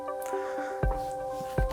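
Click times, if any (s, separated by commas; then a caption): 0.8 s, 1.6 s. The ratchet backrest of a LIFEFORM Legacy Executive High-Back (model 900) office chair is raised two detents to fit the lumbar and cervical spine, over steady background music. Two sharp clicks sound at 0.8 s and 1.6 s, one per detent. The backrest locks into position two steps up.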